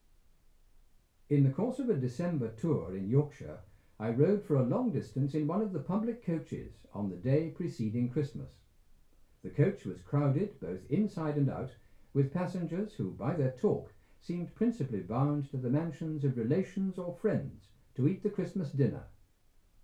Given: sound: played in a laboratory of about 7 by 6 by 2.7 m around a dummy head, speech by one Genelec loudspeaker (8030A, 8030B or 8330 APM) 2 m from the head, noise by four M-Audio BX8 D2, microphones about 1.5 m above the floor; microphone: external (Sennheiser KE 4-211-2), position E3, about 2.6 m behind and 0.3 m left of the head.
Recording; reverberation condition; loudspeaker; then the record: male speech in English; low; behind (180 degrees)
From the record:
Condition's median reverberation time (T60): about 310 ms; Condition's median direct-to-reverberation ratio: about 3.5 dB